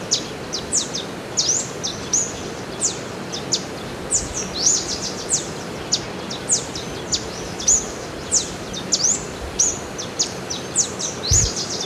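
Rusty-browed warbling finch calling: sharp high tsip notes and brief slurred chips repeated rapidly, with constant background noise.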